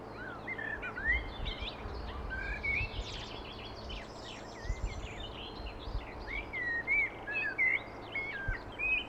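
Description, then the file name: Common blackbird singing fluty whistles mixed with squeaky twitters, phrases following closely one after another, with low rumbling background noise. "Turdus merula"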